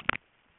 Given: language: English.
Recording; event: throat vibration sensor signal played as sound; swallow